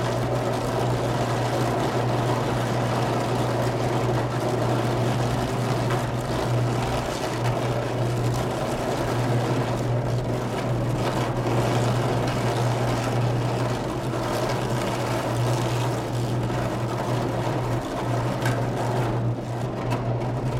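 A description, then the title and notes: An electric arc furnace roars steadily through a meltdown, with a strong low hum underneath and a dense, crackling rush spread across the whole range. The level stays constant for the full twenty seconds, with brief bursts of sharper crackle around ten and nineteen seconds. An electric arc furnace running a "meltdown" process. Three giant electrodes, each 8 feet tall and 1 foot across, create a continuous electrical arcing for melting and mixing ingredients used in industrial steel casting. Even at that distance, it's once of the loudest things I've ever recorded.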